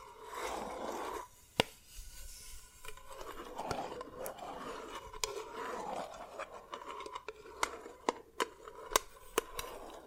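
Dalgona candy being tapped and cracked, with sharp, bright clicks and snaps landing irregularly, sparse early on and clustering toward the end. Between them runs a soft, continuous scraping and rustling that swells and fades in waves.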